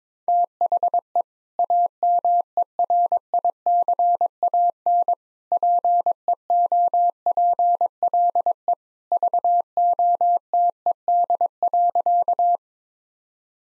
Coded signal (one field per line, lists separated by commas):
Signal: Morse code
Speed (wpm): 22 wpm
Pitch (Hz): 700 Hz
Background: none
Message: THE AMERICAN PEOPLE VOTED.